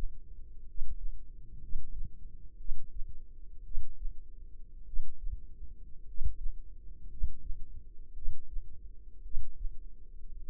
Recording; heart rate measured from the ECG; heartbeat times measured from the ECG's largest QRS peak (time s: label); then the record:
heart sounds by microphone in the left ear; 55 bpm
0.64 s: heartbeat
1.59 s: heartbeat
2.56 s: heartbeat
3.62 s: heartbeat
4.84 s: heartbeat
6.04 s: heartbeat
7.07 s: heartbeat
8.13 s: heartbeat
9.21 s: heartbeat
10.38 s: heartbeat
From the record:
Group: healthy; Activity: rest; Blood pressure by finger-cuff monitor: 103/51 mmHg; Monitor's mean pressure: 64 mmHg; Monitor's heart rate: 57 bpm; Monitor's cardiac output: 5.1 L/min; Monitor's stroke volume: 91 mL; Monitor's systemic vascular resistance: 870 dyn s/cm5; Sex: male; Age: 25 years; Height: 170 cm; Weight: 70.4 kg